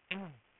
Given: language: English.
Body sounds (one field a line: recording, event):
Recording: throat vibration sensor signal played as sound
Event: throat clearing